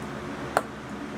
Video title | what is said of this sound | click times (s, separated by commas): Howto : Link To Link Tracks,Glued and Magic Tracks,Easy 1,2,3 From Start to Finish | Did you hear that? Okay, we got a run of 4 now. | 0.6 s